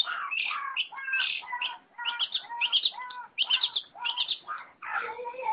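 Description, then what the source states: Long-tailed shrike singing a varied medley of clear whistled notes and buzzy, rasping phrases, switching quickly between them. Combination song style (kombinasi).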